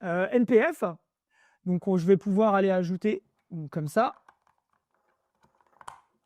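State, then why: Seated. An NP-F dummy battery coupler, a plastic battery shell with a D-Tap cable, is slid onto the battery plate of a camera field monitor while someone talks. After the talking stops, a few faint scrapes lead into two sharp clicks at 5.8 s and 5.9 s as the coupler clips into place and seats.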